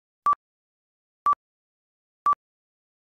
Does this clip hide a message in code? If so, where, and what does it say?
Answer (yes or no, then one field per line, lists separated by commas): no